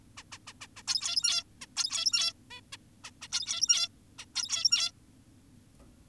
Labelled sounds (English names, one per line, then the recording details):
Zebra Finch
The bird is an adult
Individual g17y2U